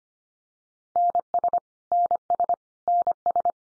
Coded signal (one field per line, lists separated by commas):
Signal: Morse code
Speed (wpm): 25 wpm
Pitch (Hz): 700 Hz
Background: none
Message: NS NS NS